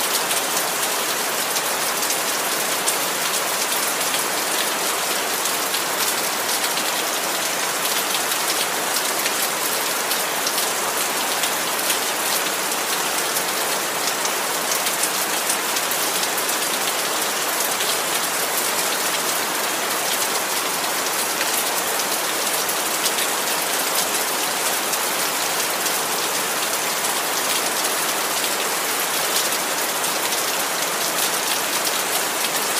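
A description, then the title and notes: Steady, dense rain hisses evenly throughout, bright, with fine drops pattering on a surface and no other sounds breaking through. Perfect Rain Sounds.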